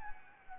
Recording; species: mosquito wingbeat signal from an infrared sensor; Anopheles gambiae